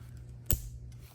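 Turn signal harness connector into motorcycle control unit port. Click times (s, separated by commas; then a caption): 0.5 s. A new turn signal wiring harness connector, a plastic multi-pin plug from a 2024+ tidy tail bundle kit, is slid latch-down into its port on a motorcycle's control unit. One sharp, loud, short click sounds at 0.5 s over a steady low hum, with only faint small ticks before and after. The connector is seated.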